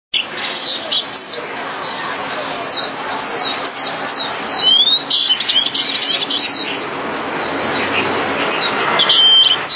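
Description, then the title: Java sparrow song: a rapid stream of high chirps and short sliding whistles over continuous background hiss. "kicau gelatik"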